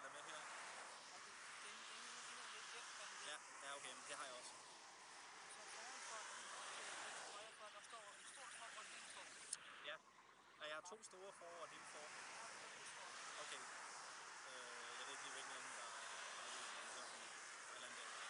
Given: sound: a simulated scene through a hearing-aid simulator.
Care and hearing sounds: conversation; traffic; -4 dB SNR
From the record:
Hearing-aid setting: III (slow-acting compression, loudness normalization, advanced features for about 2.5 dB of SNR improvement); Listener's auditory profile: D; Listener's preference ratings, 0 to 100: 23, 25, 14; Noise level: 75 dB SPL

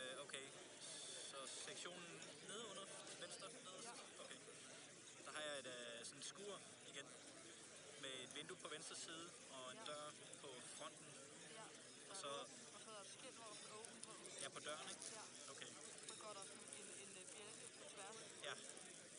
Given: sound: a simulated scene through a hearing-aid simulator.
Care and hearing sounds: conversation; cafeteria; 0 dB SNR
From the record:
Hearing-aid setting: II (fast-acting compression, audibility-based gain, advanced features for about 2.5 dB of SNR improvement); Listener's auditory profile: C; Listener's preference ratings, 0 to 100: 9, 40, 18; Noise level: 65 dB SPL

